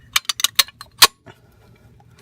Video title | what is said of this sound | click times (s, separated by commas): DIY BMW E46 brakes! | little groove that it goes in and just pops right in see | 1.0 s